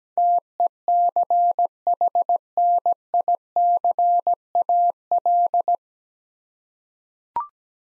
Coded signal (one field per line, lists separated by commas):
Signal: Morse code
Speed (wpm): 17 wpm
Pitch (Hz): 700 Hz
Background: none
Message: TECHNICAL